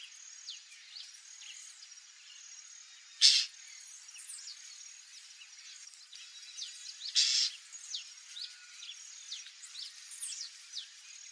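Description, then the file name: White-banded mockingbird song of rapid varied whistled sweeps and trills, with two loud harsh bursts breaking through. "Canto do calhandra de tres rabos"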